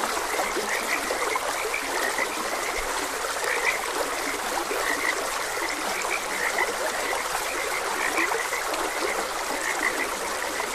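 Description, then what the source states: Frogs croak continuously in a thick overlapping chorus, while a stream babbles steadily in the background. Frogs croaking beside a gentle stream.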